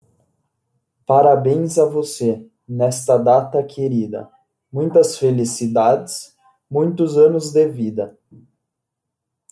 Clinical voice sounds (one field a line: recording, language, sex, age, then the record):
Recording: short text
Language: Brazilian Portuguese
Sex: male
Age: 20 to 29 years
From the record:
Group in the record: control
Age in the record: 24 years